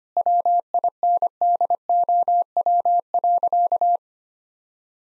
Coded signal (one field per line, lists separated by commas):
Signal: Morse code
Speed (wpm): 25 wpm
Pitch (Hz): 700 Hz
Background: none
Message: WINDOW.